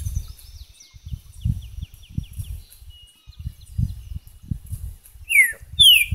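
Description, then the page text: Green-winged saltator song: two strong, rich whistles dropping sharply in pitch near the end, after faint ticking and chirping from other birds and a recurring low thudding noise. "TRINCA FERRO #Saltatorsimilis #trincaferro"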